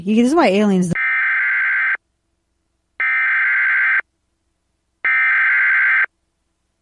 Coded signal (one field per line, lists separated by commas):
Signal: Emergency Alert System (SAME) tones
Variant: header bursts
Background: speech